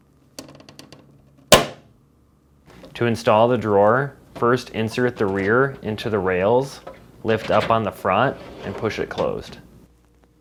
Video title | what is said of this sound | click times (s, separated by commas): How to replace Center Drawer Front Panel part # W11218695 on your Whirlpool Refrigerator | Then push until the panel snaps into place. | 0.4 s